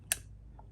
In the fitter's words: there it clicked now let's take a look at this end okay